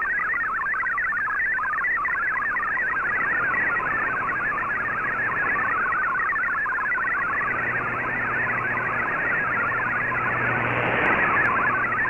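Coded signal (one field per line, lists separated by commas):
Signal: multi-tone FSK (Olivia or MFSK type)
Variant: MFSK32 or MFSK64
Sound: rapid warbling single tone jumping among many pitches, under steady shortwave hiss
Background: radio static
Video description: Here is my decode of the Shortwave Radiogram broadcast today on 15770Khz shortwave radio at 1300UTC in MFSK32 and 64 and with 10 SSTV images.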